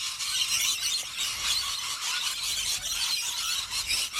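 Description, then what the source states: Rainbow Lorikeets screeching, a continuous shrill high-pitched chorus of overlapping rasping calls from several birds. Played on the radio as an example of their sound.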